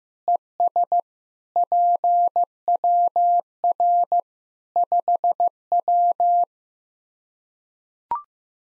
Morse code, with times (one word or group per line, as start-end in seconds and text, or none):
0.3-1.0 ES
1.6-4.2 PWR
4.8-6.4 5W